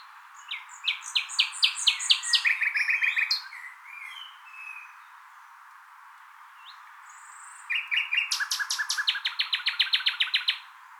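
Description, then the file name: Common nightingale singing varied phrases of sharp repeated notes and a short trill, pausing, then a loud series of rapid, evenly repeated notes. "Luscinia megarhynchos"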